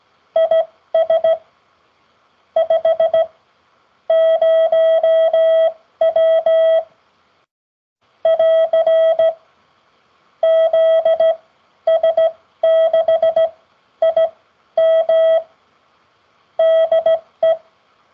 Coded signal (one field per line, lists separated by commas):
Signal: Morse code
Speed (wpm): 16 wpm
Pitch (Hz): 650 Hz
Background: none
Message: IS 50W <AR> ZS6IM DE